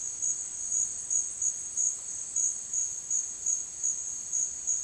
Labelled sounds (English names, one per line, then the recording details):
none
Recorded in dense forest near Puerto Asís, Putumayo, Colombia, on 25 June 2025 at 12:00
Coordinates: 0.466, -76.327
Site GP04